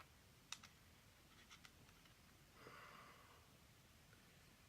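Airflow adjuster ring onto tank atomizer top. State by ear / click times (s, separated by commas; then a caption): seated / 0.5 s. An airflow adjuster ring slides onto the top of an Acevape MK rebuildable tank atomizer and locks into place, giving a sharp, short click at 0.5 s. A softer tick follows at 0.6 s and another light click at 1.7 s, then a brief hiss-like rustle around 2.6–3.2 s over a quiet background.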